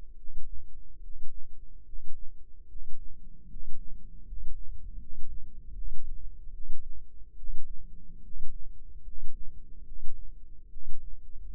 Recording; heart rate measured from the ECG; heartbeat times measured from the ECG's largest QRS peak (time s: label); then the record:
heart sounds by microphone in the left ear; 74 bpm
0.15 s: heartbeat
1.00 s: heartbeat
1.83 s: heartbeat
2.67 s: heartbeat
3.47 s: heartbeat
4.23 s: heartbeat
4.97 s: heartbeat
5.73 s: heartbeat
6.51 s: heartbeat
7.35 s: heartbeat
8.21 s: heartbeat
9.02 s: heartbeat
9.83 s: heartbeat
10.68 s: heartbeat
From the record:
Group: healthy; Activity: rest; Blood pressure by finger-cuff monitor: 107/69 mmHg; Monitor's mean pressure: 75 mmHg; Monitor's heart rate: 72 bpm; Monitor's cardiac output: 6.8 L/min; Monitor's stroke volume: 95 mL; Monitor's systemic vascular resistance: 810 dyn s/cm5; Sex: male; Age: 35 years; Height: 180 cm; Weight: 86.9 kg